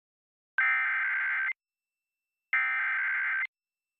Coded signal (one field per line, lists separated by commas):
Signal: Emergency Alert System (SAME) tones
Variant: header bursts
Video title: EAS 2